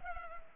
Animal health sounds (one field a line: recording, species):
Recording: mosquito wingbeat signal from an infrared sensor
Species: Culex pipiens